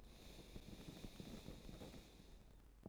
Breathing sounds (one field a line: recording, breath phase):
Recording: one breath near a microphone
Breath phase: exhalation